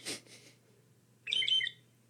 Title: northern mockingbird